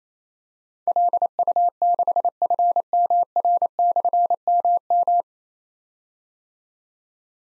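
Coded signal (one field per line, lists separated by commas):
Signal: Morse code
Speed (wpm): 27 wpm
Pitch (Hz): 700 Hz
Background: none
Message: LU6FMR/MM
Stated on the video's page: Morse code practice drill of difficult call signs containing slashes, each sent at 28 wpm, then spoken, then sent again.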